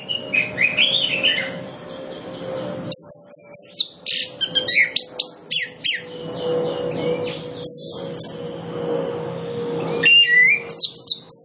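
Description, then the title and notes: Orange-headed Thrush pouring out rapid, varied high twitters, clicks and slurred whistles almost without pause, with a steady low hum underneath. Lure recording played to prompt Orange-headed Thrushes to sing quickly and fully; full song with 'isian', fill-in phrases. "Masteran Anis Kembang Full Isian Untuk Suara Pancingan Anis Kembang Agar Cepat Ngeplong. Suara Burung Anis Kembang"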